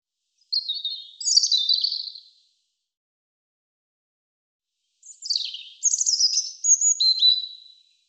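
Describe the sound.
European robin delivering two liquid, high-pitched song phrases of mixed whistles, trills and quick chattering notes, with a pause of roughly two and a half seconds between them.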